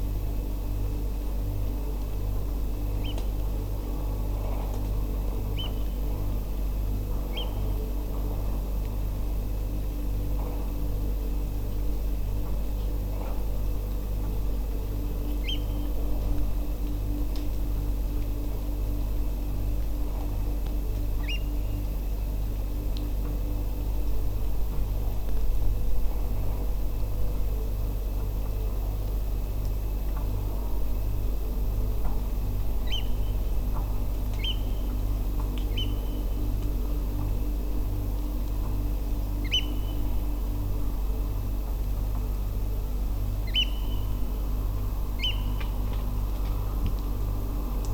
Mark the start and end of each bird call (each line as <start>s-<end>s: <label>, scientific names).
3.00s-3.12s: Haematopus ostralegus
5.57s-5.67s: Haematopus ostralegus
7.33s-7.44s: Haematopus ostralegus
15.44s-15.56s: Haematopus ostralegus
21.23s-21.37s: Haematopus ostralegus
32.87s-33.01s: Haematopus ostralegus
34.39s-34.53s: Haematopus ostralegus
35.71s-35.85s: Haematopus ostralegus
39.44s-39.60s: Haematopus ostralegus
43.47s-43.64s: Haematopus ostralegus
45.19s-45.33s: Haematopus ostralegus